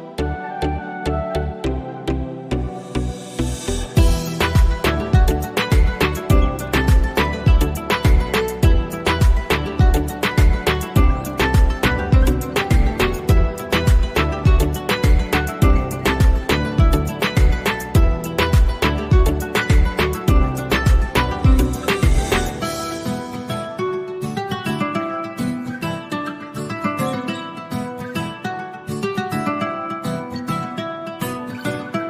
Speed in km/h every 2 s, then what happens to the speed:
91, 91, 91, 91, 92, 92, 93, 94, 95, 96, 96, 96, 96, 96, 95, 96.
0-32 steady at about 94.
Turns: none.